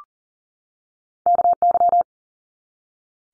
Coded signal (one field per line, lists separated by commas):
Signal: Morse code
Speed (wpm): 40 wpm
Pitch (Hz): 700 Hz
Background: none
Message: KY